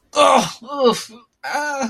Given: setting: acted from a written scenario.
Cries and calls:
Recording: vocal sound without words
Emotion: pain

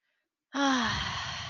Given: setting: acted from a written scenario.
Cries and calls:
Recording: vocal sound without words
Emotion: ecstasy

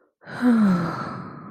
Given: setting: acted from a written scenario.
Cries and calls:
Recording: vocal sound without words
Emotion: contentment

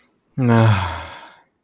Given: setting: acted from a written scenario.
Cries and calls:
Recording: vocal sound without words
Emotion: disappointment

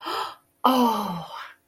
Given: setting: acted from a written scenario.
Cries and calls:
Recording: vocal sound without words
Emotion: positive surprise

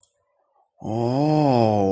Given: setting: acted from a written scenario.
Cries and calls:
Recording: vocal sound without words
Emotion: awe

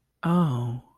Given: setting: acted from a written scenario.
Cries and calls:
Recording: vocal sound without words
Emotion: sympathy

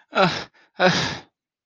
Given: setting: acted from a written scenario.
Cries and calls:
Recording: vocal sound without words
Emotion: distress

